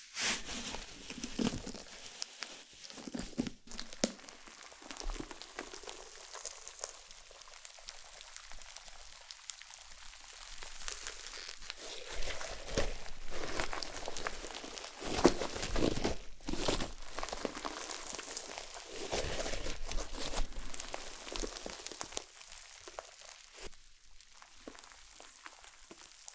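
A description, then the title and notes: Slime being squished and stretched, with a dense run of small wet crackles, crinkles and pops that never settles into a rhythm. The sound swells into fuller, louder squelches between about 12 and 22 seconds, with sharp bursts near 4, 15 and 16 seconds. NO TALKING Satisfying Slime Triggers.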